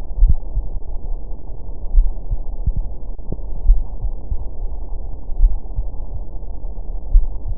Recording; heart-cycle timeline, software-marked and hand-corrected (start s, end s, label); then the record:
heart sounds
0.00	0.20	diastole
0.20	0.36	S1
0.36	0.58	systole
0.58	0.68	S2
0.68	1.94	diastole
1.94	2.10	S1
2.10	2.32	systole
2.32	2.42	S2
2.42	3.66	diastole
3.66	3.82	S1
3.82	4.04	systole
4.04	4.14	S2
4.14	5.38	diastole
5.38	5.52	S1
5.52	5.76	systole
5.76	5.86	S2
5.86	7.12	diastole
7.12	7.26	S1
7.26	7.48	systole
7.48	7.58	S2
From the record:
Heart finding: coronary artery disease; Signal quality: good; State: rest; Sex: female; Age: 73 years